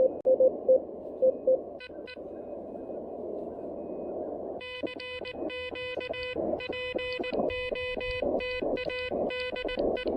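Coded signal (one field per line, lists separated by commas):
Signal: Morse code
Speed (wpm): 19 wpm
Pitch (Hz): 2500 Hz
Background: music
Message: EE CQ POTA DE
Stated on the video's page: Morse from a QRP field activation with an Elecraft KH1 and a kit-built no-transformer random wire antenna.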